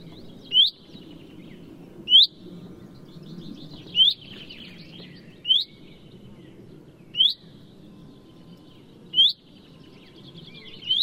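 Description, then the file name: Common chaffinch calls: a short, sharp, rising note repeated about every one and a half to two seconds, over soft chatter from other birds. "Fringilla coelebs"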